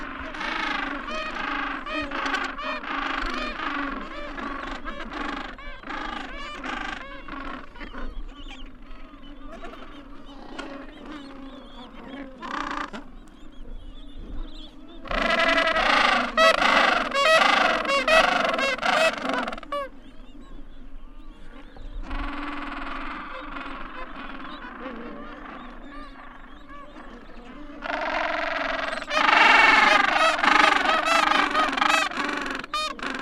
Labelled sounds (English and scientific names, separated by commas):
Gentoo Penguin (Pygoscelis papua) call